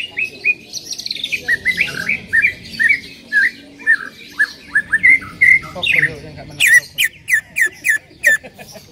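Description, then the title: Bird song: an unbroken stream of quick chirps and whistled notes, ending in a burst of sharp, high, evenly spaced chips. "Kicau Burung"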